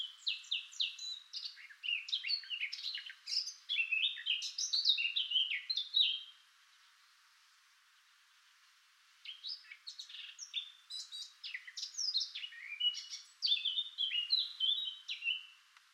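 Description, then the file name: Eurasian blackcap singing a rich, fast warble of mixed chirps and clear whistles, a six-second phrase, a silent gap of about three seconds, then another long phrase. "Sylvia atricapilla"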